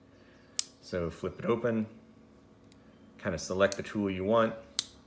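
A Leatherman Free P4 multitool is flipped open and a chosen fold-out implement is swung out of the body while someone talks. A sharp metallic click at 4.8 s marks the implement locking into place.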